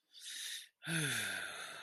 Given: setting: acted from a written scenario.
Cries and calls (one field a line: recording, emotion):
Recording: vocal sound without words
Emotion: shame